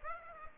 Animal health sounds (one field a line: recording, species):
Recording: mosquito wingbeat signal from an infrared sensor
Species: Aedes aegypti